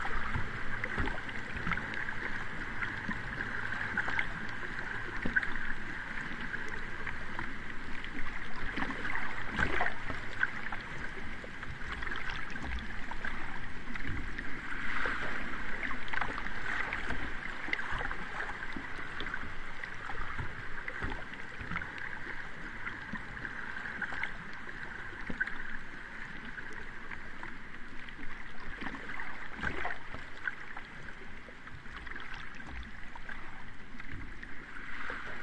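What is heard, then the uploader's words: Water from a river runs on steadily throughout, a dense, even rushing with a bright hiss up high and a soft low rumble beneath. Scattered knocks and splashes break through every few seconds, like a boat or paddle bumping. The Sound of the Rivers.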